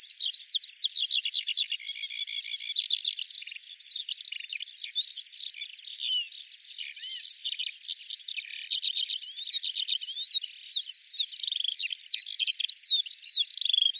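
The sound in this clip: Bird song, a long flowing high warble of varied chirps, trills and arching whistled notes, continuing without a break.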